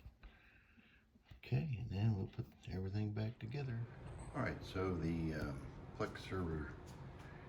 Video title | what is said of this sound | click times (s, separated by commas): Installing Plex server on a Beelink GTR Ryzen CPU Mini-PC | push that down and it snaps in place. | 0.2 s